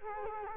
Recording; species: mosquito wingbeat signal from an infrared sensor; Culex quinquefasciatus